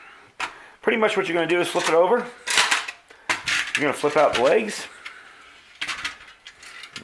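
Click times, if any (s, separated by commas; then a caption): 5.8 s, 6.5 s, 7.0 s. Someone talks while flipping a collapsible wood-burning camp stove (nCamp) over and flipping out its spring-loaded metal folding legs. Short metallic snaps are heard at about 5.8, 6.5 and 7.0 seconds as each leg snaps into place and locks.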